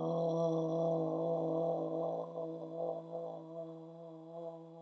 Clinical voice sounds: sustained vowel /o/; female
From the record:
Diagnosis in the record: healthy control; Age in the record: 72 years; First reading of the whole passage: 67 s, 7.5 characters per second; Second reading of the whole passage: 67 s, 7.5 characters per second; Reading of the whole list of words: 68 s, 4.2 characters per second

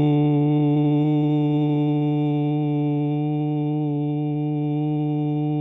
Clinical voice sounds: sustained vowel /u/; male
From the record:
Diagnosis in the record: Parkinson's disease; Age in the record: 70 years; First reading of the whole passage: 68 s, 7.6 characters per second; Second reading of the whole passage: 61 s, 8.4 characters per second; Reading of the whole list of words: 64 s, 4.4 characters per second

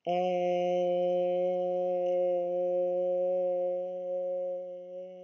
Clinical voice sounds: sustained vowel /e/; female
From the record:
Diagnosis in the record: healthy control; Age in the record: 61 years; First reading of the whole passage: 59 s, 8.5 characters per second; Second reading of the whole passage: 54 s, 7.6 characters per second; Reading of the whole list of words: 57 s, 4.9 characters per second

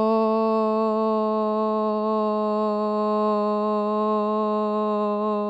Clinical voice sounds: sustained vowel /o/; female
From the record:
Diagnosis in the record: Parkinson's disease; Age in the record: 54 years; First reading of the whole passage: 55 s, 9.4 characters per second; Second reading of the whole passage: 50 s, 10.4 characters per second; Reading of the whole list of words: 55 s, 5.1 characters per second

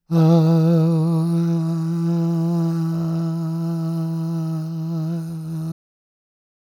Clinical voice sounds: sustained vowel /a/; male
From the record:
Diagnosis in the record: Parkinson's disease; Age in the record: 77 years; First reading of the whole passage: 65 s, 8.0 characters per second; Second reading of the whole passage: 61 s, 8.5 characters per second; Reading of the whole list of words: 50 s, 5.6 characters per second

